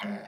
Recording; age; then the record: pig call; piglet (1 to 25 days)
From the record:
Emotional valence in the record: negative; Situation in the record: short isolation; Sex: female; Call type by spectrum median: low-frequency call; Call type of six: low-frequency tonal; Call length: 0.28 s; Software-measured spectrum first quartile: 224 Hz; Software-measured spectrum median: 585 Hz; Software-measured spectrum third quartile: 1489 Hz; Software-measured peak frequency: 205 Hz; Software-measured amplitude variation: 84 dB a second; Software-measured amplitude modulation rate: 14.1 a second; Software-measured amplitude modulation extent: 5.9 dB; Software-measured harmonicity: 4.5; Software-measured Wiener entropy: -1.41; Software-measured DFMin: 594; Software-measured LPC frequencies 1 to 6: 675, 1601, 2114, 3002, 3585, 4453 Hz